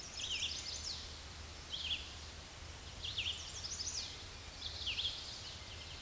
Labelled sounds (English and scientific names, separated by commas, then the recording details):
Red-eyed Vireo (Vireo olivaceus) song
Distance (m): 25 m
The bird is about 10 m above the microphone
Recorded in a Pennsylvania forest on 16 May 2024 at 07:31
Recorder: AudioMoth, point MSD-2258
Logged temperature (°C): 15.2 °C
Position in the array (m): 179 m, 75 m